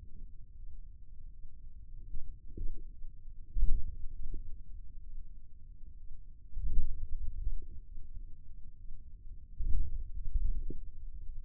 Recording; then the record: forearm muscle sounds (acoustic myography)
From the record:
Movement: wrist flexion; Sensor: system 2, bracelet of six BSWA MPA416 microphones around the upper forearm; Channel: 3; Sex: male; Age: 22 years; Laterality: right